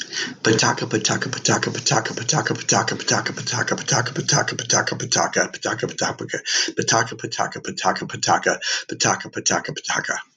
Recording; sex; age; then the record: repeated syllables /pa ta ka/; male; 60 to 69 years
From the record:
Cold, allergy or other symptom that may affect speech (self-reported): no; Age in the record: 63 years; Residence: California, United States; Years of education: 18